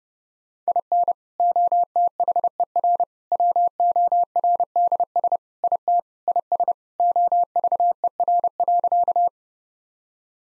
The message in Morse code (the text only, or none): IN OTHER WORDS IT IS OVER.